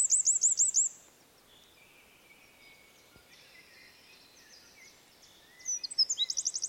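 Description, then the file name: Eurasian wren song, a fast high trill at the start and again near the end, with several seconds of faint hiss and soft chirps between. "Troglodytes troglodytes"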